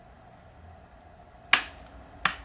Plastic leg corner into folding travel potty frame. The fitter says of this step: You'll hear the click, and then you'll know the leg is safely secure and locked in place.